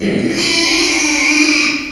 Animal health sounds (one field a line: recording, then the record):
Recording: squeal of a Yucatan mini pig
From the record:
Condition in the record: after surgery on the right vocal fold (resection and tissue-engineered implant)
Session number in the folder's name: 2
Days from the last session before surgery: 13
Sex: male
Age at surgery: 12 weeks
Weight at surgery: 13 kg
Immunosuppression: cyclosporine, prednisolone